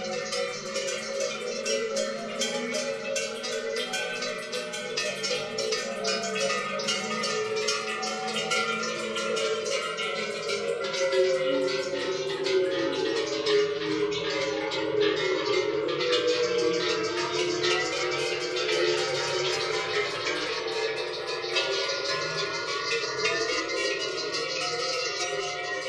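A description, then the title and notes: Cowbells clank in a dense, continuous jumble, many bells overlapping with no pauses across the whole stretch. The ringing is bright and metallic with a few steadier tones running through it, and the level holds nearly constant, swelling slightly around the middle. Cowbells.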